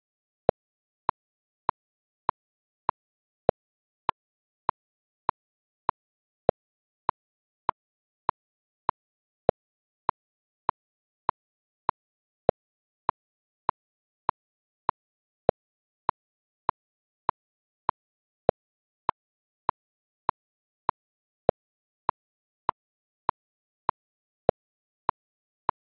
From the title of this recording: Metronome at 100 BPM • 5/4